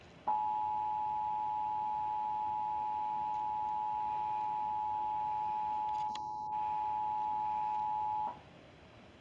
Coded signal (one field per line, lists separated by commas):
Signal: Emergency Alert System (SAME) tones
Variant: 853 and 960 Hz attention tone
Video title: A TEST OR AMBER... EAS Test Alerts From July 2026 (EAS#6,358 - 6,392)